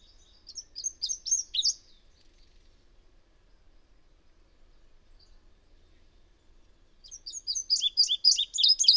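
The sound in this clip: Bird giving a brief, high twittering phrase, then a long silence before a second burst of chirps.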